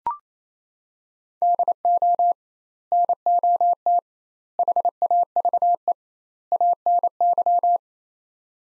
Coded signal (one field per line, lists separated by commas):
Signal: Morse code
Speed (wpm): 28 wpm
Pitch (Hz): 700 Hz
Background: none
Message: DO NOT HAVE ANY